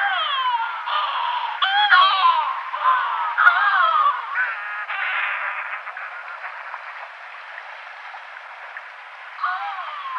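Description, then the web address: Yelkouan shearwater calling: dense overlapping, harsh, wavering cries in the first half that thin into softer, rapid cackling notes, then one more wail at the end. "Yelkouan Shearwater"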